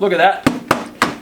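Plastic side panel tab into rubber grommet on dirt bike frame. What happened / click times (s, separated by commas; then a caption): The remaining plastic panel clips snapped home / 0.7 s, 1.0 s. Someone talks while pushing the remaining tabs of a plastic side panel into the rubber grommets on a Husqvarna dirt bike frame, using the newer 2016 to 2018 style plastic. Two hard, knock-like snaps are heard at 0.7 s and 1.0 s as the tabs seat home, leaving the panel fully attached.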